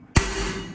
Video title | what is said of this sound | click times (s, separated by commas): 1968 Camaro Drum Brake (Front Left) | And then we get the snap there. | 0.2 s